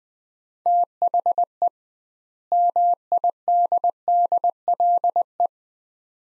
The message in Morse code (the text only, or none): THE MIDDLE